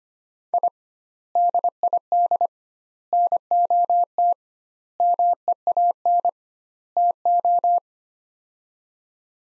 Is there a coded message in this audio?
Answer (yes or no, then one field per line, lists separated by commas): yes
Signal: Morse code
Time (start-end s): 0.5-7.8 s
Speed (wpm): 25 wpm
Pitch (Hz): 700 Hz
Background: none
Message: I DID NOT MEAN TO